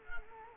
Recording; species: mosquito wingbeat signal from an infrared sensor; Culex quinquefasciatus